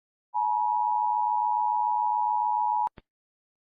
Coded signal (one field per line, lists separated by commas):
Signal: Emergency Alert System (SAME) tones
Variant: 853 and 960 Hz attention tone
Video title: Flags Eas Alarms! States and countries